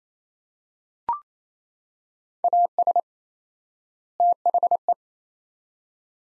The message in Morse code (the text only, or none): AS THE